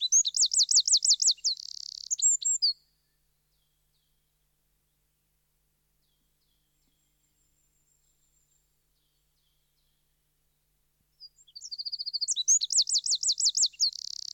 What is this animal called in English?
Eurasian Wren